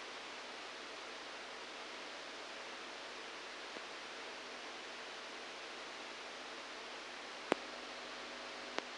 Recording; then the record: brain microelectrode recording played as sound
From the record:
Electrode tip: outside the subthalamic nucleus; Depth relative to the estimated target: 1 mm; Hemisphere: right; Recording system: NeuroSet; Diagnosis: Parkinson's disease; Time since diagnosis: 7 years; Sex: male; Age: 69 years